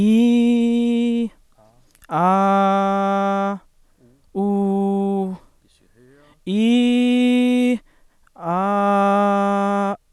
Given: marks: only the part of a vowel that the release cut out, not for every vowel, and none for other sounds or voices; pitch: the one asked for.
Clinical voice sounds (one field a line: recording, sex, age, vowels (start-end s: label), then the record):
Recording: sustained vowels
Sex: male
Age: 18 to 19 years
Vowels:
0.00-1.20 s: vowel /i/, normal pitch
2.22-3.45 s: vowel /a/, normal pitch
4.42-5.28 s: vowel /u/, normal pitch
6.54-7.70 s: vowel /i/, high pitch
8.53-9.88 s: vowel /a/, high pitch
From the record:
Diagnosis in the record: healthy voice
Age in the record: 18 years